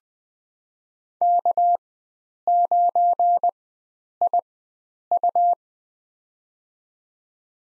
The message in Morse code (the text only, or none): K9IU